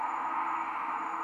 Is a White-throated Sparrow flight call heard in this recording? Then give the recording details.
no. No flight call is heard. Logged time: 23:32 on 15 December 2014